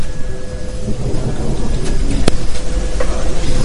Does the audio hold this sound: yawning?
no